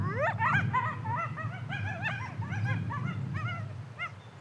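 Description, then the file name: Coyotes giving quick, rising and dipping yelps in fast succession, a tumbling group chorus that fades toward the end, low rumble underneath. "yell Coyotes"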